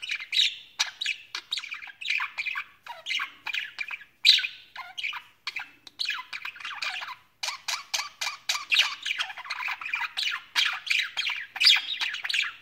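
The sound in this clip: Budgerigar continuous chatter of harsh squawks and warbled chirps, with brief irregular breaks throughout.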